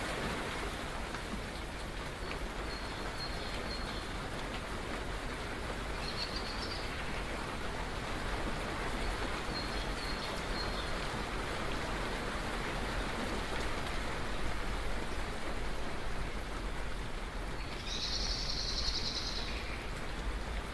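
Rain falls steadily and densely, a constant even hiss that fills the whole clip without easing. A few faint high chirps, likely birds, sound briefly around six, ten and eighteen seconds, the last one clearest. No thunder is heard.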